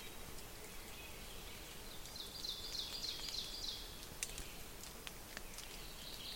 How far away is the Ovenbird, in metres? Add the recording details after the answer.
about 85 m. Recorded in boreal forest in Alberta, Canada, on 5 June 2016 at 08:54. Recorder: SongMeter 3, array SBT-3-51. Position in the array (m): 213 m, 20 m. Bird 27